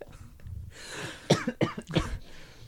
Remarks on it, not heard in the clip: Did you hear how I coughed, but it wasn't blasting in your ears? Brand new microphones, not just using headsets anymore. We got a Zoom H6.